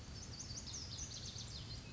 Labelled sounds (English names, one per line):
Lazuli Bunting